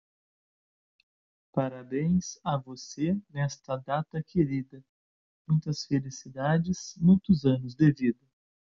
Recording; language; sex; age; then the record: short text; Brazilian Portuguese; male; 40 to 49 years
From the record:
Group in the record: control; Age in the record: 42 years